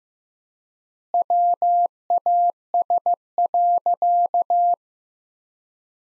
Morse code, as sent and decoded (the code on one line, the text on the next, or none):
.-- .- ... .-.-.-
WAS.